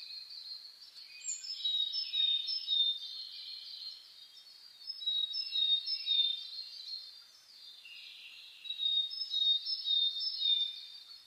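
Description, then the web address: Chorus of birds, overlapping high twitters and whistled notes, growing louder at about two, five and nine seconds. Dawn chorus (reimei) of birdsong (saezuri), recorded 10 May 2010 at 04:01. "reimei DH-D 50-saezuri-20100510-0401"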